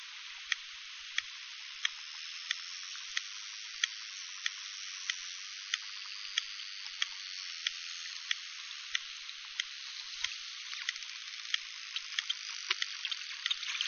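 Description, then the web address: Bottlenose dolphin giving sharp clicks about every two-thirds of a second, with faint high whistles drifting beneath a steady hiss. "KAIROS bottlenose dolfin"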